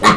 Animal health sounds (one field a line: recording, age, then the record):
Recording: pig call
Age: piglet (1 to 25 days)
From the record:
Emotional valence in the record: positive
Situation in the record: reunion after long isolation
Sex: female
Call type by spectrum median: low-frequency call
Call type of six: low-frequency tonal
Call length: 0.17 s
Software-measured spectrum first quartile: 795 Hz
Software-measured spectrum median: 1209 Hz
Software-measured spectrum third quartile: 2404 Hz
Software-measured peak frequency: 1098 Hz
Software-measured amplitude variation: 144 dB a second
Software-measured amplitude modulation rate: 3.0 a second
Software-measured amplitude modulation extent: 48.3 dB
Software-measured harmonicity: 0.8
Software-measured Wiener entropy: -1.47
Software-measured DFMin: 829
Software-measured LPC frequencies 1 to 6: 1137, 1992, 3390, 4034, 5439, 6144 Hz